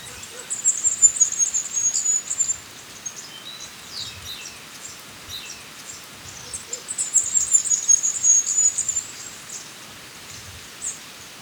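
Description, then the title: Black-crested warbler song: two very high, thin, fast twittering phrases about two seconds long, several seconds apart, over steady hiss of background noise. "Myiothlypis Nigrocristata"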